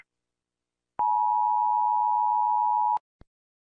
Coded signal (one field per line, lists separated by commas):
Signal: Emergency Alert System (SAME) tones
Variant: 853 and 960 Hz attention tone